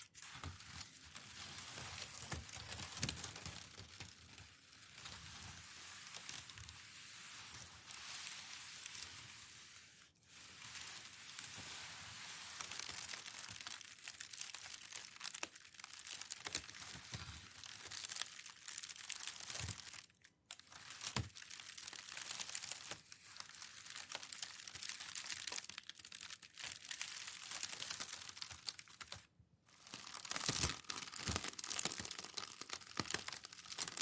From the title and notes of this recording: TimASMR-Packing Paper Slow Crinkles, Stroking, Rolling, Pressing, Rustling (NO TALKING).